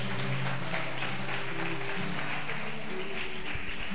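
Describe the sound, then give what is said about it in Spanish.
An audience at a church sermon claps together for God in a dense, steady wash of applause that holds for about four seconds, with low sustained musical tones humming underneath. “Y esta noche yo quiero darle un fuerte aplauso a Él, bien fuerte.”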